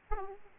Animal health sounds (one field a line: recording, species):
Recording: mosquito wingbeat signal from an infrared sensor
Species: Aedes aegypti